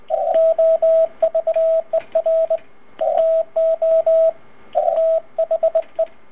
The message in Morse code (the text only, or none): OVER TO THE